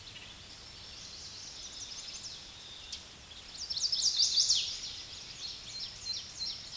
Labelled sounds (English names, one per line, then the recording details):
Chestnut-sided Warbler song
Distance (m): 15 m
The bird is about 10 m above the microphone
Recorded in a Pennsylvania forest on 16 May 2024 at 08:51
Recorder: AudioMoth, point MSD-2164
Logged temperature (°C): 15.8 °C
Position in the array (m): 200 m, 85 m